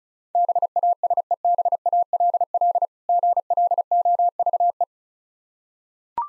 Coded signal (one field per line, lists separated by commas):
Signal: Morse code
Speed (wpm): 36 wpm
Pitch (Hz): 700 Hz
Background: none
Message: BASEBALL GLOVE